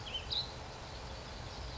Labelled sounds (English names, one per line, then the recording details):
Western Tanager
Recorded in Sonoma County, California